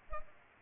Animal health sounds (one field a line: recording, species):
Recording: mosquito wingbeat signal from an infrared sensor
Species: Culex pipiens